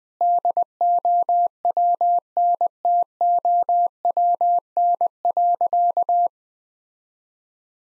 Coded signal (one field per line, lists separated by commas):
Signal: Morse code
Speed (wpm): 21 wpm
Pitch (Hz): 700 Hz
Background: none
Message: DOWNTOWN.